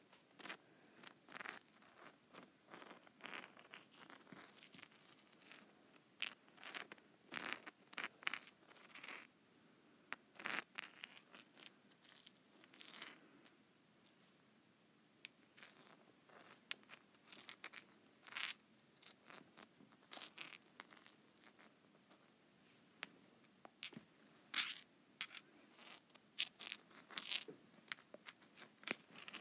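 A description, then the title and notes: Rocks rub and scrape against each other in an irregular series of short, gritty strokes and crunches running through the whole half minute. The bursts are bright and raspy, some louder and sharper than others, with brief quiet gaps between clusters. ASMR Rock Rubbing.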